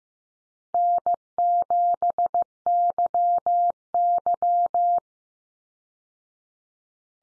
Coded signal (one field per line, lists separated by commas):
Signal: Morse code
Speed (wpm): 15 wpm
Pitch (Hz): 700 Hz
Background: none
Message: N7YY